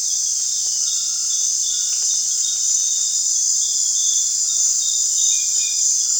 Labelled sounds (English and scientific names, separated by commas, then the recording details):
none
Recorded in dense forest near Puerto Asís, Putumayo, Colombia, on 27 June 2025 at 19:00
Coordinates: 0.468, -76.322
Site GP03